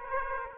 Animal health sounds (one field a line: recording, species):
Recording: mosquito wingbeat signal from an infrared sensor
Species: Aedes aegypti